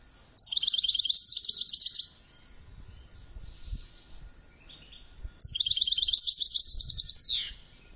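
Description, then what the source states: Finch song: two high, fast, buzzy trilled phrases, the second ending in a brief sweep, with quiet rustling noise between them. Labelled 'drunk'; Ilam.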